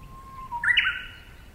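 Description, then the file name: Japanese bush warbler song: a low, steady whistle followed by a quick, bright burst of higher notes. Recorded on 10 April 2016. "uguisu 2016 4 10"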